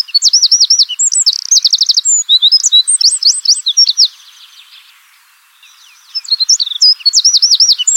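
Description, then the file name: Eurasian wren singing a loud, very rapid string of high whistles and dry trills, one long burst, a brief silence, then the song begins again. "zaunkoenig"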